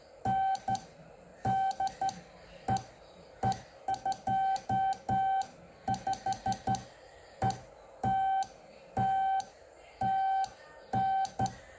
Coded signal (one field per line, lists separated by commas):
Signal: Morse code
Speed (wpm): 12 wpm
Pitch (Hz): 770 Hz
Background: none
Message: N DE E25ETT TN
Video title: CW ยามเช้ากับ E27DON CU AGN E25ETT EE #RadioByBoy